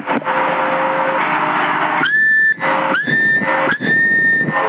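A CB radio carrier, keyed without speaking, gives a thin, steady whistling tone over loud band-limited hiss. The tone jumps to a higher pitch and cuts out briefly two or three times, then returns.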